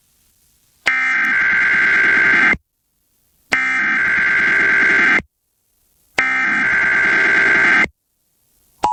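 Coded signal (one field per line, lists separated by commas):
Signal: Emergency Alert System (SAME) tones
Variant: header bursts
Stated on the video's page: Tropical storm watch alert for Florida.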